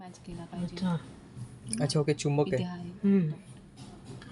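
A magnetic phone clamp is handled and lined up with the magnet on a DJI Osmo SE smartphone gimbal mount while someone talks throughout. A faint, brief tick is heard near 4.2 seconds, but the clamp has not seated or clicked into place yet.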